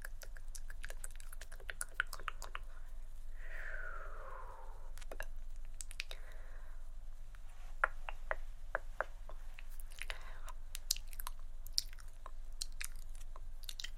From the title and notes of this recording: ASMR Hand Movements With Assorted Mouth Sounds (Tongue Clicking, Shoop, TkTk).